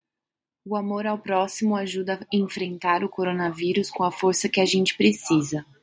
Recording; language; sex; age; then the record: spoken sentence; Brazilian Portuguese; female; 30 to 39 years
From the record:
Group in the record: control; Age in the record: 32 years